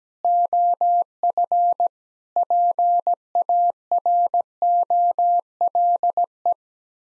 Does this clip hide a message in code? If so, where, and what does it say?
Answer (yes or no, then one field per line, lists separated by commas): yes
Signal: Morse code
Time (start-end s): 0.2-6.5 s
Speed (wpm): 17 wpm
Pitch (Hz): 700 Hz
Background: none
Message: OF PAROLE